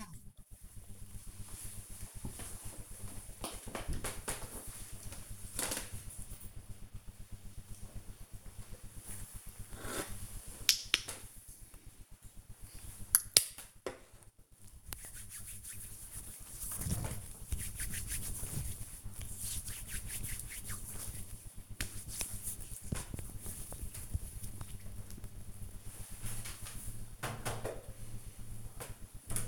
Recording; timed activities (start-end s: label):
household activities, microphone on the right wrist
8.37-24.49 s: disinfecting hands